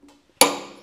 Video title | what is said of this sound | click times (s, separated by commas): Not Enough 18 CVO | it is there's the first click now most guys like to hear two clicks I | 0.4 s